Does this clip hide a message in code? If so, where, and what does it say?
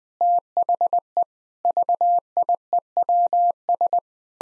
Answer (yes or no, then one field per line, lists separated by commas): yes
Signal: Morse code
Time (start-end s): 0.2-4.0 s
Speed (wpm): 20 wpm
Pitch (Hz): 700 Hz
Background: none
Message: THE VIEWS